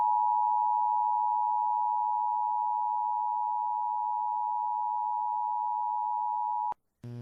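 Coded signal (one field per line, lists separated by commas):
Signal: Emergency Alert System (SAME) tones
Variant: 853 and 960 Hz attention tone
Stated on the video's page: Off-air EAS captures from Laredo, Texas stations, including flash flood and severe thunderstorm warnings, with interference, echoes, a failed activation and poor audio.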